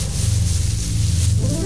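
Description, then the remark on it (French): A steady, dry rustling and rubbing of tobacco being rolled between fingers runs continuously for under two seconds over a low, constant hum, with no voices. “Le tabac.”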